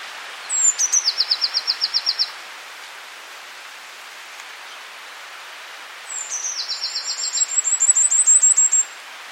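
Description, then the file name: Eurasian blue tit song: two bursts, each opening with a few very high thin notes and running into a fast trill of clipped notes, against steady background hiss. "Cyanistes caeruleus"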